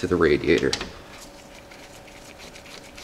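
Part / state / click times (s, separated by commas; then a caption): coolant overflow tube onto radiator fitting / not seated / none. A plastic coolant overflow tube is being handled at the radiator fitting during a Jeep 4.0L exhaust manifold replacement, but it has not popped on or seated yet. Someone talks briefly in the first second, then only a low, quiet background remains for the rest of the clip.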